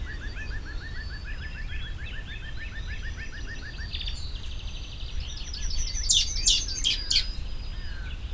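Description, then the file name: Common blackbird calls arrive late as four loud, grating chack notes, following a long stretch of rapid repeated chirps and trills from other birds. "Turdus merula"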